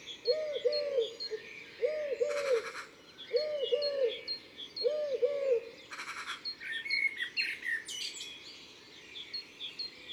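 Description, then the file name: Eurasian collared dove cooing in four phrases, then stopping; two sharp noise bursts and twittering of other birds fill the rest. "Tourterelle turque ABC des chants doiseaux"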